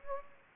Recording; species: mosquito wingbeat signal from an infrared sensor; Anopheles gambiae